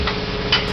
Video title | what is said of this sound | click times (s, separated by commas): PALLET MAKING MACHINE BUILD | This little thing slides up and locks in place. | 0.5 s